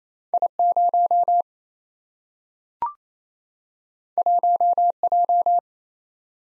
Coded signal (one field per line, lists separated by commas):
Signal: Morse code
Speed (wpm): 28 wpm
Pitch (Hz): 700 Hz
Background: none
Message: I0 1J